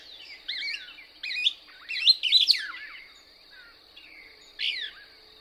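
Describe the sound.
Couch's Kingbird twittering: repeated zigzag chirps building into a busy burst, a pause, then one last sharp note, over a steady high hum.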